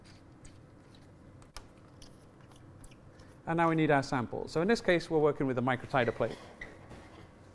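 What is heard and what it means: The clamps on the multistage of an Amersham Typhoon instrument are closed over the microtiter plate holder and screwed until it is tightly locked into place. Quiet handling ticks lead to a sharp click at 1.6 s as the holder locks, then someone talks from about 3.5 s to 6.3 s.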